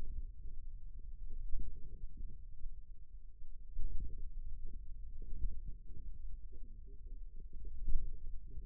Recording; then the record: forearm muscle sounds (acoustic myography)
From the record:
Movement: finger pinch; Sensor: system 2, bracelet of six BSWA MPA416 microphones around the upper forearm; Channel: 2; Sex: male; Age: 22 years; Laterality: right